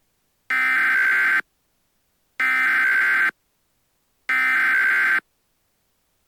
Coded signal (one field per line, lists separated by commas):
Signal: Emergency Alert System (SAME) tones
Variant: header bursts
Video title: EAS Scenario #19: Holiday Hell-raisers (EAS Christmas-In-July Special)